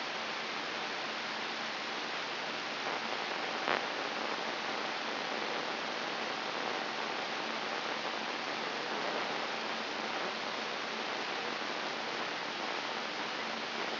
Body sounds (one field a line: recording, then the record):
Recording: brain microelectrode recording played as sound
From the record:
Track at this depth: inside the subthalamic nucleus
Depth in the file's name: 5.934 mm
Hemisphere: right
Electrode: 3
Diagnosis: Parkinson's disease